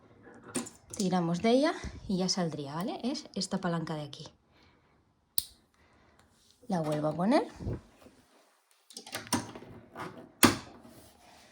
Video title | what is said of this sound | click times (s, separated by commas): Taller de corte y confección iniciación 3 | que hizo clic el hilo lo dejamos siempre dentro | 10.4 s